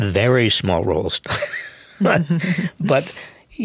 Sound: laughter

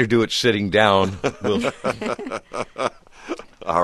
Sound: laughter

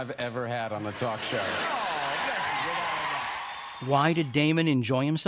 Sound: applause

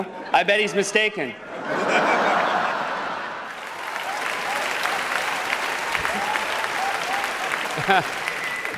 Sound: applause

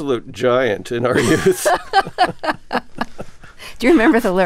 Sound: laughter

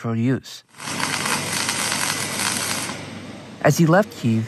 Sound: soundbite of welding

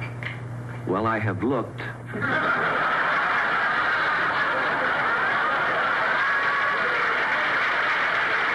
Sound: laughter

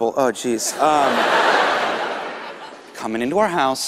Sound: laughter

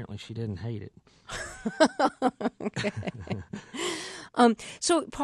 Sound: laughter

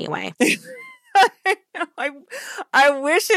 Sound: laughter

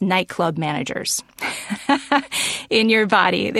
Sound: laughter

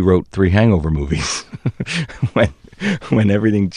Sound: laughter

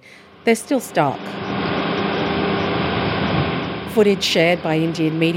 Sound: soundbite of machine whirring

